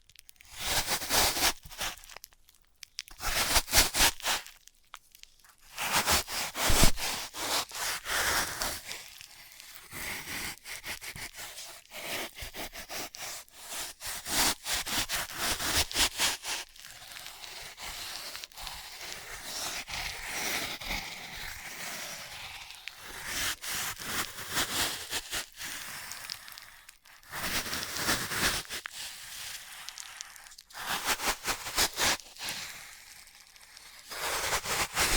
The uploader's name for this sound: Dry vs Wet Floral Foam Tapping, Cutting and Crushing